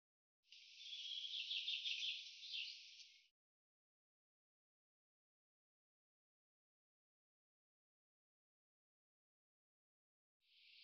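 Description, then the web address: Common chaffinch song, a rapid trilled phrase of high notes lasting about three seconds, then silence before another phrase begins. "Deverinetal 2025 File cleaned normalized Bird Fr Co"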